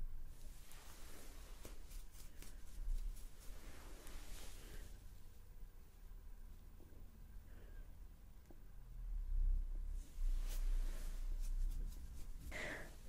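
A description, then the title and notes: Light plucking and skin-touching sounds crackle in quick, irregular bursts over a low steady hum, with a brief bright squeak near the end. ASMR Tingle Spa Shaping Your Brows - Plucking & Face Touching.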